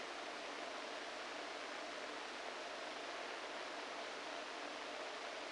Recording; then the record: brain microelectrode recording played as sound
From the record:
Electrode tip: inside the subthalamic nucleus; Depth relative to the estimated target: -2 mm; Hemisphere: right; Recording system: NeuroSet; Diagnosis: Parkinson's disease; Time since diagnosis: 14 years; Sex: male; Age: 51 years